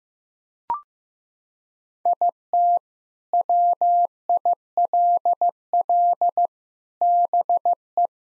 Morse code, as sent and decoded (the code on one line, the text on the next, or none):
.. - / .-- .. .-.. .-.. / -... .
IT WILL BE